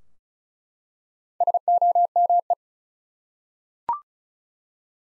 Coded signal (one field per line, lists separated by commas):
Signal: Morse code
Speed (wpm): 36 wpm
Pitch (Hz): 700 Hz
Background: none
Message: SOME